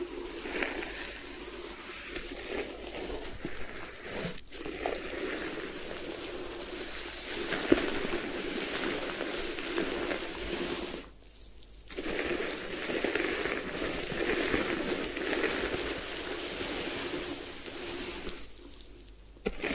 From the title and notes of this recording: ASMR Do You Need a Head Spa Hair Wash, Massage, Ear Cleaning (No Talking).